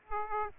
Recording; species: mosquito wingbeat signal from an infrared sensor; Aedes aegypti